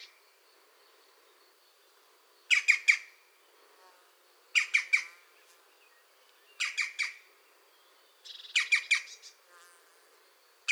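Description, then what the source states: European green woodpecker calls: short bursts of three or four harsh, rasping notes, spaced roughly two seconds apart, with quiet pauses between them. A pair active at the nest.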